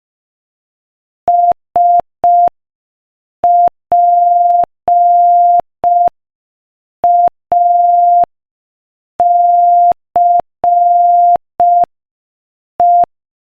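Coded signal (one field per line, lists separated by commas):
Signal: Morse code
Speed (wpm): 5 wpm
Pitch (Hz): 700 Hz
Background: none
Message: SPACE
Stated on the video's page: Morse code practice at 5 wpm, sending a joke.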